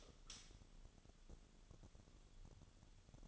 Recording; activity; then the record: daily activity, microphone in the room; light on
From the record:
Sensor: 4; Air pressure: 1008.7 hPa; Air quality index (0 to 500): 98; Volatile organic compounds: 1 ppm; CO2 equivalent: 733 ppm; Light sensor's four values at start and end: 13/29/11/11 and 13/30/12/12